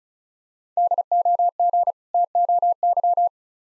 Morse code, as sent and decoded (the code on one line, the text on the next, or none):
-.. --- --. / - --- -.--
DOG TOY